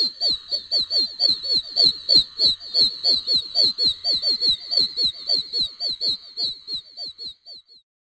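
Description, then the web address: Oak toad peeping in a quick series of high whistled notes that thins out and stops near the end. "frog-calls Oak"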